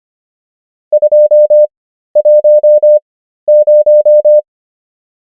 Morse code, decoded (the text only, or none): 210